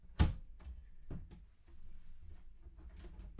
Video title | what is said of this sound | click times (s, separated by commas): Xeon Gaming Pc - Can x5570 Dual Xeon’s Perform in 2021 | push it down until you hear a click | 0.2 s